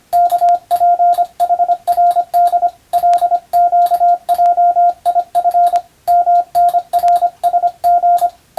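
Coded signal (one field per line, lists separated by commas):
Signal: Morse code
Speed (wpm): 25 wpm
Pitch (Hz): 700 Hz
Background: radio noise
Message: KPHRD LQJIF MNRSG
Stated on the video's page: Morse receiving practice for the Japanese radio operator national exam, recorded by a first-class radiotelegraph operator.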